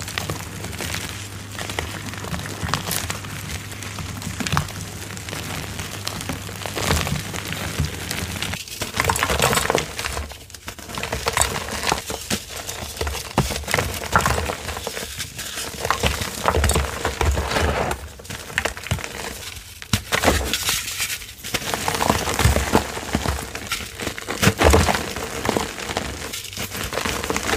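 Gym chalk crumbles under busy handling, a dense run of soft crisp crackles and dry crunches that fill the whole stretch without pause. Sharper snaps stand out near 9, 10, 18, 20 and 26 seconds, and a faint low hum sits underneath during the first eight seconds.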